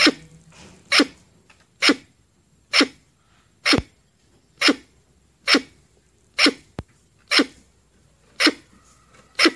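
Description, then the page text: Red squirrel calls: short, harsh, breathy bursts repeated steadily about once a second, with one sharp click. "Tiếng Sóc Đỏ kêu"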